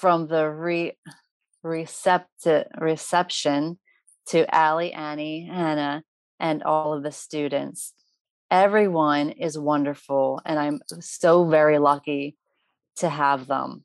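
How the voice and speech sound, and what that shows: An adult woman with aphasia after a stroke, in speech therapy for 5 years and recovering, speaks in short phrases with frequent pauses and restarts a word, fitting mild aphasia.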